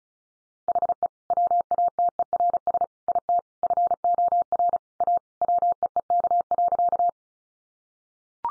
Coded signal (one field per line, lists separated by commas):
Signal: Morse code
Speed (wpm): 34 wpm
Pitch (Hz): 700 Hz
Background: none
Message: HE WATERS IT FOR A WEEK.